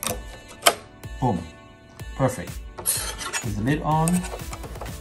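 A Thermalright M.2 SSD heatsink is handled at the PS5 expansion slot, with sharp knocks and light handling sounds over background music while someone talks. Nothing has seated or clicked yet; the clip ends just before the heatsink drops into place.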